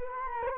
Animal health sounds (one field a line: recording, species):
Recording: mosquito wingbeat signal from an infrared sensor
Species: Culex quinquefasciatus